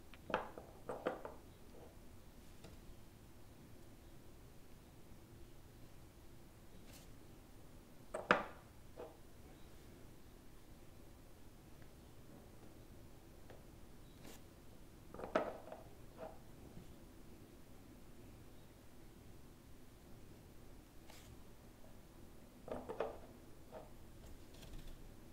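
Home nail care: short bursts of clipping and scraping come at about 0, 8, 15 and 23 seconds, with a sharp snip near 8 seconds. Between them, a low steady hum and faint small clicks fill the space.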